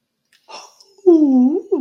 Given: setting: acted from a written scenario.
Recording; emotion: vocal sound without words; contentment